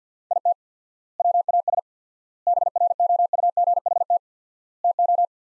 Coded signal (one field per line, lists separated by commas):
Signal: Morse code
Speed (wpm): 50 wpm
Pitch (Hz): 700 Hz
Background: none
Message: IT WAS BROUGHT TO